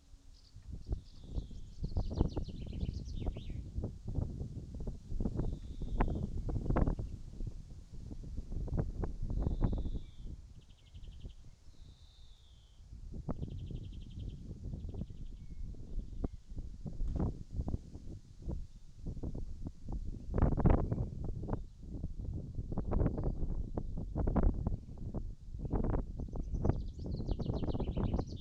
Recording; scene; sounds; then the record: everyday scene through a hearing-aid microphone; wind on the microphone; wind, birds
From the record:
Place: in front of a rural house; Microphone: in the ear canal, right